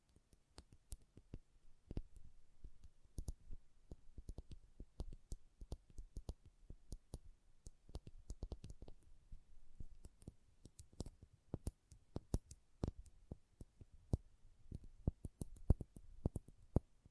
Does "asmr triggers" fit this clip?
yes